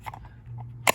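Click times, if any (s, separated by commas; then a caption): none. With its combination dials set to a wrong code, the metal door of a Brinks hanging-style key lockbox is pushed toward its body. A few faint light taps are followed by one sharp, loud metallic rattle near 0.9 s against a steady low hum. The door does not latch, and nothing has clicked shut.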